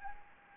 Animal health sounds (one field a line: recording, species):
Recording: mosquito wingbeat signal from an infrared sensor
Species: Anopheles gambiae